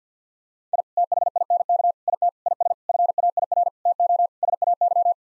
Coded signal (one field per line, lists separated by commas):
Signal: Morse code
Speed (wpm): 50 wpm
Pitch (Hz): 700 Hz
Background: none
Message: I THINK IT IS FAIR TO SAY